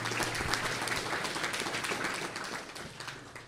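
An audience applauds with dense, steady clapping that fills the whole stretch, gradually tapering off toward the end; no one speaks over it.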